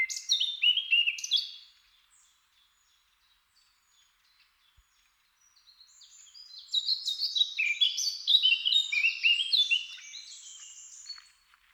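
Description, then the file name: Eurasian blackcap gives a short busy warble, falls silent for several seconds, then launches a longer, dense, chattering song phrase. "Sylvia atricapilla"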